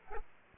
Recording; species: mosquito wingbeat signal from an infrared sensor; Aedes aegypti